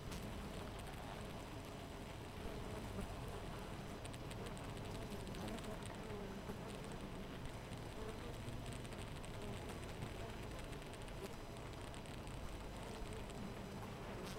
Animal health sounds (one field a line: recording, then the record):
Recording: honeybee colony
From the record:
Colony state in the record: missing queen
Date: 14 July 2017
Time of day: 5:52